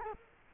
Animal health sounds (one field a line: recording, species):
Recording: mosquito wingbeat signal from an infrared sensor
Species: Culex quinquefasciatus